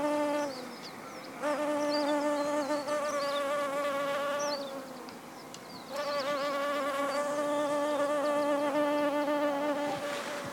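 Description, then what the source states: Solitary bee buzzing, a steady low drone with rich harmonics that stops twice and resumes; faint bird chirps sound higher up in the background. Recorded on 5 May 2011.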